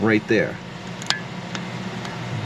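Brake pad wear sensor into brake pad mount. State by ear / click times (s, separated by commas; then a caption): seated / 1.1 s. On a 2017 Audi Q5 front brake, a brake pad wear sensor is slipped into its mount on the pad and caliper and twisted until its locking tab engages. Someone talks at the start, then a sharp click at 1.1 s marks the sensor locking into place, followed by a few fainter ticks. The sensor is seated, installed and sturdy.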